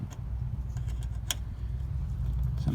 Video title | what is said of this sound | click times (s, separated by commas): 2006 Ford Focus ZXW lift gate strut replacement | and then you can go ahead and put your clips back in they should snap right in sometimes | 1.3 s